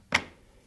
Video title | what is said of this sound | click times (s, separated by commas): PAPR Assembly and Testing - Level C: ILC Dover Sentinel XL | You'll hear a snapping sound and then my belt is connected and ready | 0.2 s